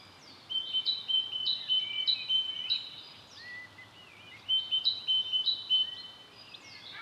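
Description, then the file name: Great tit repeating a clear seesawing two-note phrase in two runs, separated by a brief lull with faint upward-sliding whistles. "Parus major"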